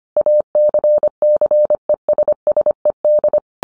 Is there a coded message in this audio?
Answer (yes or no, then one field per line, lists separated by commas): yes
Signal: Morse code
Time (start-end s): 0.2-3.4 s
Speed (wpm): 25 wpm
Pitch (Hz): 600 Hz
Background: none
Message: ACCESSED